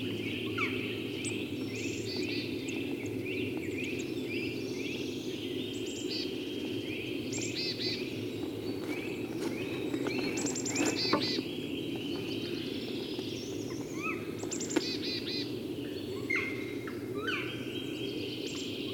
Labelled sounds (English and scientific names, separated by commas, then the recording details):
Black Woodpecker (Dryocopus martius) call
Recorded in the wild
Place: Kuchelmiß, Mecklenburg-Vorpommern, DE
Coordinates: 53.667, 12.347
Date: 1982-04-02 07:37
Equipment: Nagra III BH, Sennheiser MD 21, parabola
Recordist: Schubert, Michael